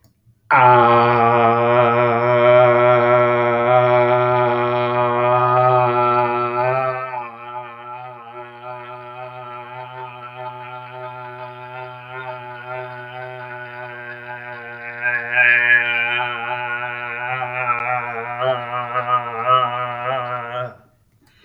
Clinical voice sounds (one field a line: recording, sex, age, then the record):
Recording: vowel held as long as possible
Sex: male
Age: 60 to 69 years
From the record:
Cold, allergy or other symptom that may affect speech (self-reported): no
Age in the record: 60 years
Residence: Florida, United States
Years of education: 18